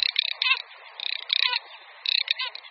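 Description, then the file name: Garganey giving dry, wooden rattles, three short crackling bursts separated by brief pauses. "Čírka-modrá"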